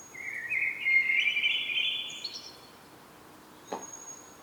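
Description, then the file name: Common blackbird giving one long, mellow warbled phrase that climbs into a high, thin twitter, followed by a single sharp click near the end. "Turdus merula"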